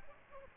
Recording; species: mosquito wingbeat signal from an infrared sensor; Aedes aegypti